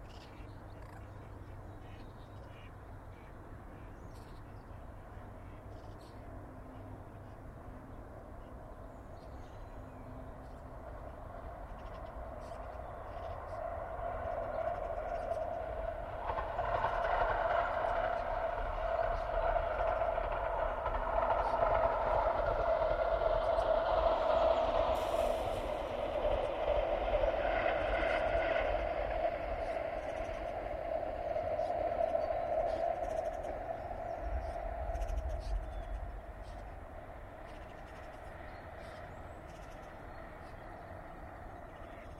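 A train runs along the track beside the Mersey. A low, steady rumble builds from about fifteen seconds, peaks with a rough rolling roar and a faint squeal between twenty and thirty seconds, then fades back to a quiet murmur after thirty-six seconds.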